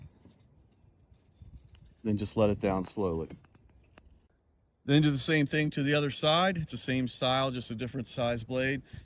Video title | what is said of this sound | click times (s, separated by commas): Windshield Wiper Blade Replacement for Chevy Colorado 2004-2026 | until it clicks into place. | 1.8 s